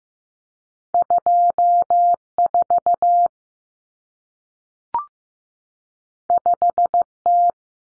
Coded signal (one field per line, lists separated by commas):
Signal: Morse code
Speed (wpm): 15 wpm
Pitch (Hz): 700 Hz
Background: none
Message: 24 5T